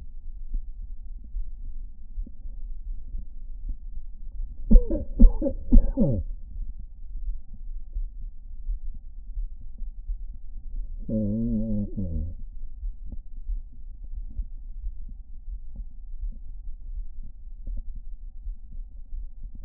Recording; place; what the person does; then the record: lung sounds by stethoscope; right anterior apical chest; quiet breathing, then cough and speech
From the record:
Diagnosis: COPD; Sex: male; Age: 59 years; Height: 175 cm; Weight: 73 kg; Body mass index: 23.8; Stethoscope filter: diaphragm mode